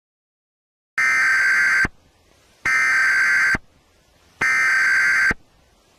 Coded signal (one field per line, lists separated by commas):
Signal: Emergency Alert System (SAME) tones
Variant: header bursts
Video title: EAS Scenario - Aliens Take Over Tennessee